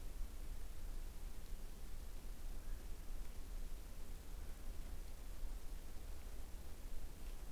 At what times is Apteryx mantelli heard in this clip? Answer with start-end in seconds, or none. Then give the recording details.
0.00-4.94. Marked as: faintness 5/5. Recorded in New Zealand on 20 November 2014. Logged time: 21:29. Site CL78